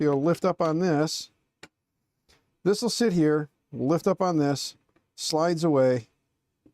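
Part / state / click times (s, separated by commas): printed door latch on a 3D printer enclosure door / not seated / none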